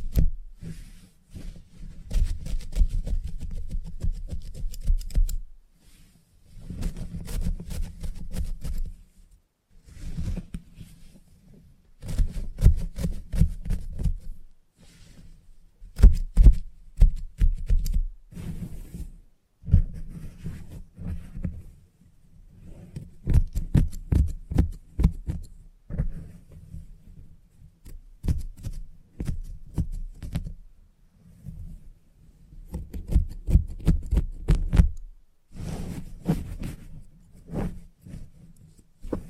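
Hair clippers buzz low in repeated bursts of a few seconds each, broken by short pauses, while sharp scissor-like clicks and snips cut through the hum. The pattern of buzzing and crisp ticks repeats steadily across the whole stretch.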